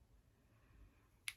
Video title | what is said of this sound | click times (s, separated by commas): Working on my September Booth ￼ | and I just I even pre-drilled the hole and it stripped the head right off that stupid screw | 1.3 s